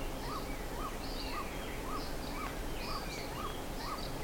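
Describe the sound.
Bird calls: short arched notes repeated about twice a second, accompanied by higher, slurred chirps and a steady noisy background.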